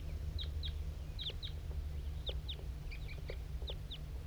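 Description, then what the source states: Crossbill calls: clipped downslurred chips given singly and in pairs, with a constant low droning hum beneath. Wild crossbill coming in while bird 5-3 is calling.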